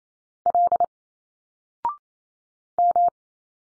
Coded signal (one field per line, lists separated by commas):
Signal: Morse code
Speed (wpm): 28 wpm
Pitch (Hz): 700 Hz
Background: none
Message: L M